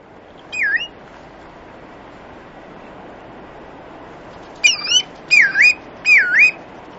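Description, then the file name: Bristle-thighed curlew calls: one clear whistled note dipping then rising, then after a pause three loud whistled dipping notes in quick succession, over a soft steady background hiss. "numenius tahitiensis"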